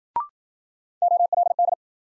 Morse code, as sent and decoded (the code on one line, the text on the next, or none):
--- .-.. -..
OLD